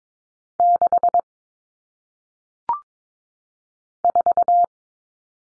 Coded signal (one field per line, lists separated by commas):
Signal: Morse code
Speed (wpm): 22 wpm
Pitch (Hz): 700 Hz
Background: none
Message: 6 4